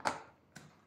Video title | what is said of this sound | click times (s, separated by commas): La nostra attrezzatura per video e foto Urbex | si mettono qua si innestano vedete si innestano eh molto | 0.1 s, 0.6 s